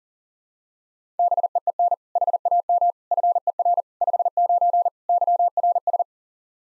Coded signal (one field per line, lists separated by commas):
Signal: Morse code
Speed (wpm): 40 wpm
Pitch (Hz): 700 Hz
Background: none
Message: BEEN HAM FER 59 YRS